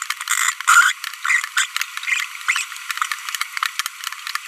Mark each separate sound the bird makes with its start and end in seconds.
0.68-0.92, 1.25-1.45, 1.57-1.65, 2.48-2.61